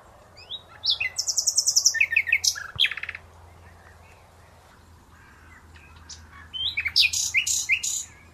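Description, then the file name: Common nightingale song: a long, rapidly pulsing trill of sharp notes, a quiet stretch with a low steady hum, then a second energetic burst. "Luscinia megarhynchos"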